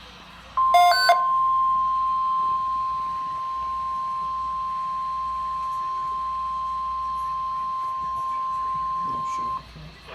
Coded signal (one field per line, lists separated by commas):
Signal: Emergency Alert System (SAME) tones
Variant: 1050 Hz attention tone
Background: speech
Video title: REAL NOAA Weather Radio Alert #16: Severe Thunderstorm Watch